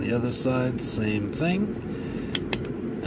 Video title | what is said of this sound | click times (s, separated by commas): DIY Remote Control - Part 6 : Complete Assembly - Nova SpotMicro3 v5.2 | it snaps right into place | 2.4 s, 2.5 s